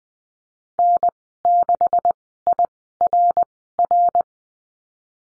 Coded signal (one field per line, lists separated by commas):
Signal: Morse code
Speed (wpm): 20 wpm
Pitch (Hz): 700 Hz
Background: none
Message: N6IRR